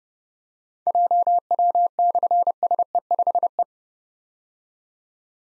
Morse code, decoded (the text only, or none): JW/SE5E